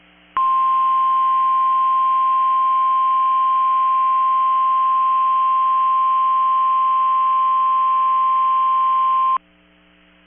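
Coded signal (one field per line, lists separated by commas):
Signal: Emergency Alert System (SAME) tones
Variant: 1050 Hz attention tone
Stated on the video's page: Real Required Weekly Test on NOAA Weather Radio transmitter.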